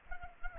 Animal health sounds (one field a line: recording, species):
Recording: mosquito wingbeat signal from an infrared sensor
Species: Aedes albopictus